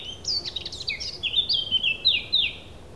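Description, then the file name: Thrush song: a busy run of whistled and chirping notes, first jumbled and scratchy, then smoother slurred whistles sweeping down and up, over faint background hiss. A single thrush. "Birds single thrush"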